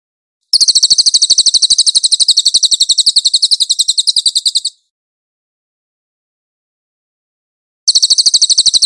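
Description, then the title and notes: Velvet-fronted nuthatch song: a fast, high, even chattering trill lasting about four seconds, then three seconds of silence before the trill starts again. Nonstop training recording for cage birds. "MASTER SUARA BURUNG CILILIN. CICILIN"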